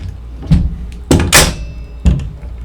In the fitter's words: the scooter snaps into place.